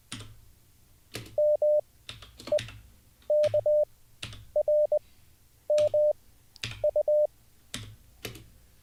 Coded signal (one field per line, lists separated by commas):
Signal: Morse code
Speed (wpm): 20 wpm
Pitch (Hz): 600 Hz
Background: none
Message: M E K R M U